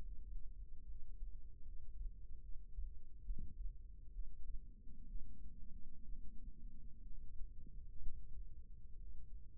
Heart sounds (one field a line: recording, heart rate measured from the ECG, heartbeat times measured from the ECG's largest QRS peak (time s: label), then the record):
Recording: heart sounds by microphone in the right ear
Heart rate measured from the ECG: 67 bpm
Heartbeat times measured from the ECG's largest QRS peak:
0.01 s: heartbeat
0.85 s: heartbeat
1.63 s: heartbeat
2.40 s: heartbeat
3.21 s: heartbeat
4.10 s: heartbeat
5.06 s: heartbeat
6.03 s: heartbeat
7.01 s: heartbeat
7.98 s: heartbeat
8.95 s: heartbeat
From the record:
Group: healthy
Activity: rest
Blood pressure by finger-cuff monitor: 146/64 mmHg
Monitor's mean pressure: 93 mmHg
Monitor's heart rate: 67 bpm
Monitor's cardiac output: 6.5 L/min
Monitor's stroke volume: 90 mL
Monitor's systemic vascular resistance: 1040 dyn s/cm5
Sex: female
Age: 37 years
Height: 168 cm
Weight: 70 kg